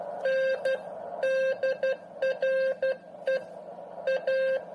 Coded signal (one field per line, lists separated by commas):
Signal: Morse code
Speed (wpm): 12 wpm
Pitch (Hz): 530 Hz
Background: none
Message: NDRE A